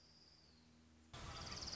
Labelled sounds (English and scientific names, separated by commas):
Orange-crowned Warbler (Leiothlypis celata)